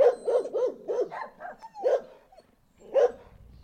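Dog barking in a quick run of about seven sharp barks, then a short pause before one more bark.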